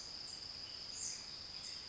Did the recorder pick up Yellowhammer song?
no